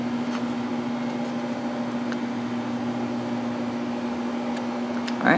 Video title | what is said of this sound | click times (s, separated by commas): WE Airsoft Glock 19 RMR Build | right there it is locked into place and it just barely | 5.1 s